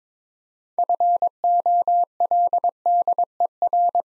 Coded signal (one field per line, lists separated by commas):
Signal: Morse code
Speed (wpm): 22 wpm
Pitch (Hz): 700 Hz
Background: none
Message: FOLDER